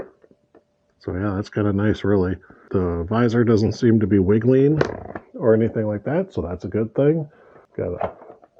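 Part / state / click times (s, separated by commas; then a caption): drop-down sun visor in motorcycle helmet shell / not seated / none. The drop-down sun visor in the shell of an HJC i30 3/4 open-face motorcycle helmet is being handled while someone talks over faint small ticks near 0.2–0.6 s and 8.4–8.6 s. The visor has not yet seated or locked into its down position.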